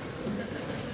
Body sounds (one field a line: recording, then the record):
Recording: coughing mixed with background sound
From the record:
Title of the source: Mid-morning Winter Coughing Fit